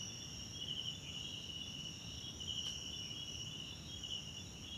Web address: sonniss 2018 individual Tonschliff - SOUTH AFRICAN CRICKETS BG South Africa Wetland Park Kosi Forest Lodge Night